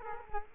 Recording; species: mosquito wingbeat signal from an infrared sensor; Culex quinquefasciatus